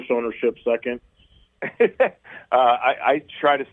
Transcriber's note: laughs